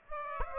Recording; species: mosquito wingbeat signal from an infrared sensor; Aedes aegypti